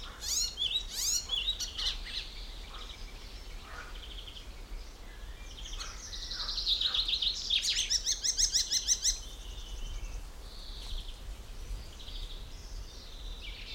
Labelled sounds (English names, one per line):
Common Chaffinch